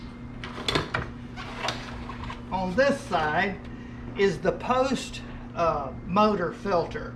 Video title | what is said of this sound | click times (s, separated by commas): Shark IQ Robot Filters maintenance procedure | make sure then you just slide her back in until it snaps | 0.9 s